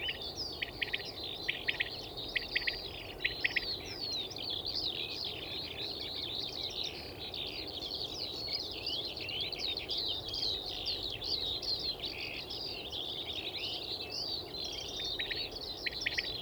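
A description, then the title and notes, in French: A dawn chorus of birds over hay meadows, with skylarks pouring out dense, rapid, high trilling song that runs without a break for the whole clip. Wind blows steadily underneath as a low rushing roar, and sharp chirps poke out every second or two. Caille et alouettes. Lever du jour - Lesches en Diois. Mixpr3 - Mkh8020 omni - Stéréo. Dawn-chorus ou aube aux oiseaux dans les prairies de fauche du plateau de Lesches en diois. Le vent souffle dans la forêt environnante mais cela ne coupe en rien le plaisir du jour naissant en compagnie des alouettes des champs et d'une caille des blès.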